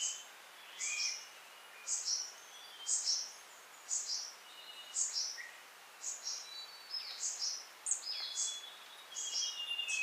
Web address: Natures Songs S America Birds of Ecuador Golden-crowned Flycatcher